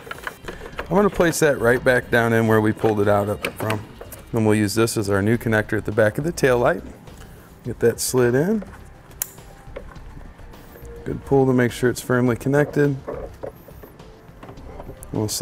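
A T-One vehicle wiring harness connector with a 4-pole flat trailer connector is slid into the tail light harness plug behind the tail light of a 2017 Chrysler Pacifica while someone talks. A sharp snap at 9.2 s marks it seating. The connector is then pulled to check that it is firmly connected.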